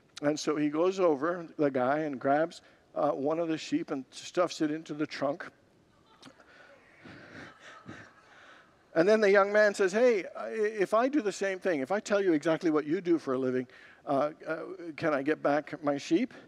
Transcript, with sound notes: And so, he goes over the guy and grabs one of the sheep and stuffs it into the trunk. [Congregants laugh] And then the young man says, “Hey, if I do the same thing – if I tell you exactly what you do for a living, can I get back my sheep?”